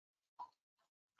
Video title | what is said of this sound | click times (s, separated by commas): Diver Mounted Display (DMD) Webinar | this is a short video of it clicking into place | 0.4 s